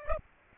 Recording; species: mosquito wingbeat signal from an infrared sensor; Aedes aegypti